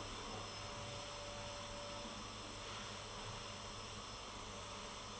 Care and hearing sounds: daily activity, microphone in the room; vacuum cleaning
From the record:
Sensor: 4

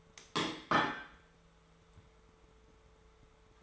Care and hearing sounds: daily activity, microphone in the room; place plate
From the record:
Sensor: 3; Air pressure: 1015.0 hPa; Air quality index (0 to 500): 207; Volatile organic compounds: 33 ppm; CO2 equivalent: 3028 ppm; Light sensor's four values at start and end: 24/57/24/26 and 29/71/30/32

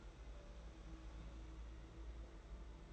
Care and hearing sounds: daily activity, microphone in the room; place on stove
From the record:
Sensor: 3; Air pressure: 992.0 hPa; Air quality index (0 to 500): 228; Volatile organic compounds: 1000 ppm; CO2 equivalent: 7833 ppm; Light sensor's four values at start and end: 25/74/30/25 and 25/74/30/25

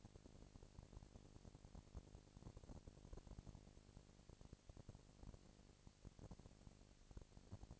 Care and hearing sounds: daily activity, microphone in the room; no activity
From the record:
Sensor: 5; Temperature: 19.8 degrees Celsius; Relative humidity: 36.7%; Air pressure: 997.2 hPa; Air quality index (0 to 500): 169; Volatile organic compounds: 14 ppm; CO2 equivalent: 2440 ppm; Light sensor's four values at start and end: 2/3/1/1 and 2/3/1/1

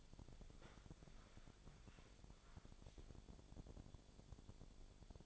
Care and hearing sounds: daily activity, microphone in the room; walk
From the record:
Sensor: 5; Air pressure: 1000.6 hPa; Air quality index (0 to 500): 140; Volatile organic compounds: 2 ppm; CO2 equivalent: 1087 ppm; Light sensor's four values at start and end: 48/112/46/49 and 48/111/46/49

